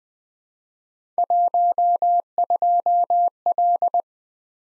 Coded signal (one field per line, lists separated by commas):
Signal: Morse code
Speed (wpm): 20 wpm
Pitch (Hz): 700 Hz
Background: none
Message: 12L